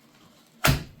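A hard compressed-plastic retention insert on a MOLLE range pouch is pressed closed and snaps into place. After quiet low background noise, a single sharp, bright snap lands at 0.65 s and fades over the next few tenths of a second. The insert is seated with a firm snap, giving strong retention.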